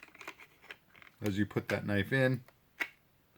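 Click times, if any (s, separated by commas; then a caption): 2.8 s. A knife blade is pushed into a custom kydex sheath whose click retention is molded around the handle treads. Someone talks, then the knife seats with a sharp click at 2.8 seconds, clicking into place in the sheath.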